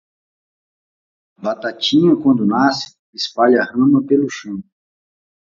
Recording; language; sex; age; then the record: short text; Brazilian Portuguese; male; 40 to 49 years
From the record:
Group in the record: control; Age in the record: 44 years